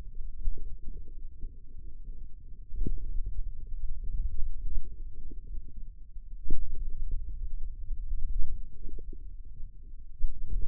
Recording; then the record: forearm muscle sounds (acoustic myography)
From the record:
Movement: pen grasping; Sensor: system 2, bracelet of six BSWA MPA416 microphones around the upper forearm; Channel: 5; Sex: male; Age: 22 years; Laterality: right